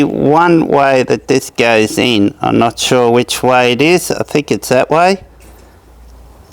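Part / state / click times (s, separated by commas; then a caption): keyed cable plug into dash cam socket / not seated / none. Someone talks while trying to push a keyed cable plug the wrong way round into the socket of a VanTrue N4 Pro Starvis 2 4K dash cam. The plug will not go in, and nothing has seated or clicked yet. After the speech stops around 5.2 s, only faint background noise remains, with a brief soft tick at about 6.5 s.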